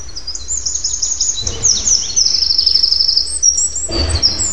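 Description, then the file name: Eurasian wren song, a long rapid run of high trills and buzzy twittering notes, with a low rumble of background noise. "Troglodytes troglodytes"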